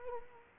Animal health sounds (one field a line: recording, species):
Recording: mosquito wingbeat signal from an infrared sensor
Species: Culex quinquefasciatus